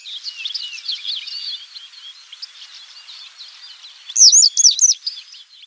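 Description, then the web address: Citrine wagtail song: a loud burst of quick buzzy chirps near the end, after a quieter stretch of continuous twittering. "Schulze Peter Citrine Wagtail song"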